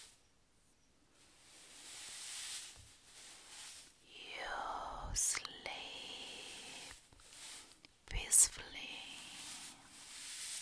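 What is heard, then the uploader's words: Waves wash and hiss on a beach at night, starting almost silent and building into a soft, rushing surge after a few seconds. Two sharp clicks cut through around five and eight seconds, and a brief whistling sweep rises with the first surge. Relaxing night on the beach ASMR. A night on the beach with a nice waves.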